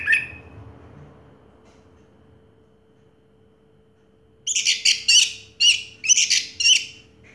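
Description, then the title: Orange-headed thrush song: one harsh note, several seconds of quiet, then a quick series of repeated scratchy chirping phrases. Sound used to prompt an orange-headed thrush that has stopped singing to start singing again. "Anis Merah Macet.. Pancing Dengan Suara Ini.. # Anis Merah"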